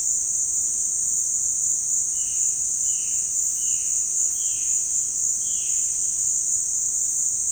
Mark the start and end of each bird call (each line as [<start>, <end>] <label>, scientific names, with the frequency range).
[2.12, 5.97] Cyanocorax violaceus (1.2-4.3 kHz)